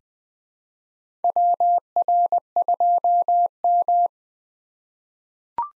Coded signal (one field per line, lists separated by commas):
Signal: Morse code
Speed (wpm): 20 wpm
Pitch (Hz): 700 Hz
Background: none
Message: WR2M